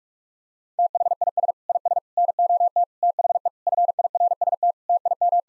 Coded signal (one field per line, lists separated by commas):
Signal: Morse code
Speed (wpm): 46 wpm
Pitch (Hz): 700 Hz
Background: none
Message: THIS IS NOT THE FIRST TIM